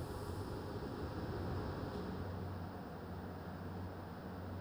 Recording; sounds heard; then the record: poultry house recording; no chicken sound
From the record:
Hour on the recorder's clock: 22